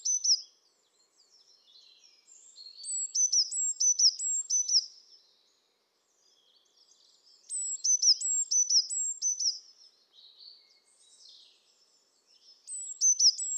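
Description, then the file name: Eurasian blue tit song: high, bright two-part notes repeated in quick series, three bursts separated by quieter chips and twitters, the last cut short at the end. "Cyanistes caeruleus"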